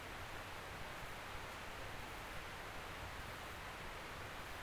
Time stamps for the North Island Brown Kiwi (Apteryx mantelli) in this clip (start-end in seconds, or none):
none